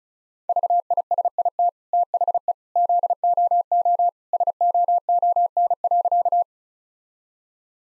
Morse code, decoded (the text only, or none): VISIT THE ZOO SOON.